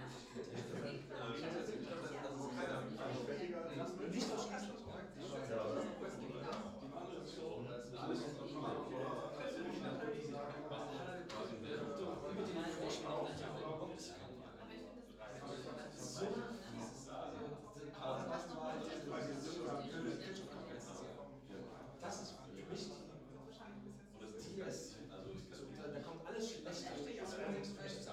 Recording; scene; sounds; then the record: everyday scene through a hearing-aid microphone; many people talking; many voices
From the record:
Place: bistro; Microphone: in the ear canal, left